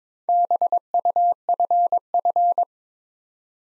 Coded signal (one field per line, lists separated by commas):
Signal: Morse code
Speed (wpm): 23 wpm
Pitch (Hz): 700 Hz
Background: none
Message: BUFF